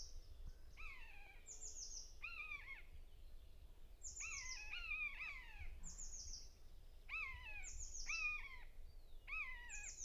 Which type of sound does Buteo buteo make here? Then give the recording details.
call. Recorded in the wild. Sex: pair. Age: adult. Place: Lohm, Havelland, Brandenburg, DE. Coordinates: 52.8839, 12.3572. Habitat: grassland. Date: 2007-05-19 06:05. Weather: heiter, 10°C, schwacher Wind. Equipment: Sound Devices 702, Sennheiser MKH 416-T, Windkorb. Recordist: Frommolt, Karl-Heinz